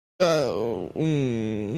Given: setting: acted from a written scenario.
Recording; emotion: vocal sound without words; embarrassment